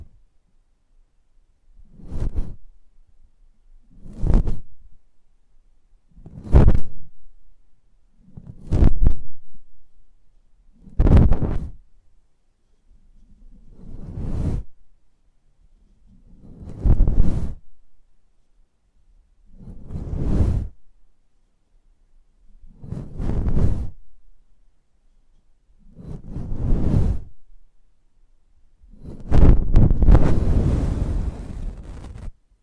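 ASMR mic treatment: soft, low whooshing strokes rub the microphone roughly every two seconds, ending with one longer, brighter rush.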